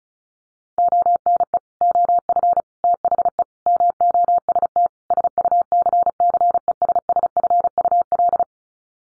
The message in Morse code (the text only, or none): ONE OF THE MOST SUCCESSFUL